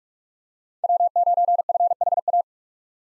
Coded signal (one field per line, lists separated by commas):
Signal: Morse code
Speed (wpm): 46 wpm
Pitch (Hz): 700 Hz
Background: none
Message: W9FHA